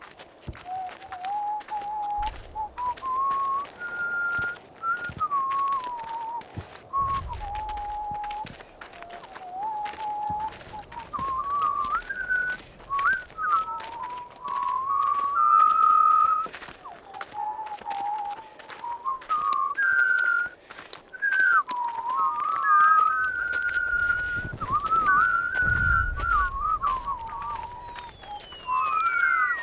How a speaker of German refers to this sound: Lassen Sie ihn doch pfeifen, Corporal. Also, hast du gehört? Pfeif!